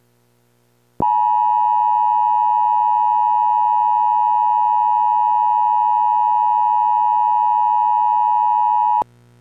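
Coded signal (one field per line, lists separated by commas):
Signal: Emergency Alert System (SAME) tones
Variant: 853 and 960 Hz attention tone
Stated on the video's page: A fictional depiction of a major national emergency alert.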